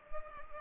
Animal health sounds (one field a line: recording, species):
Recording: mosquito wingbeat signal from an infrared sensor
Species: Culex pipiens